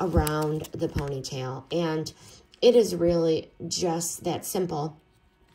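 Someone talks while a plastic Andlane French Twist hair bun maker is handled, its clasp being closed around a ponytail. The clip ends before the clasp snaps shut, so nothing has seated or clicked yet.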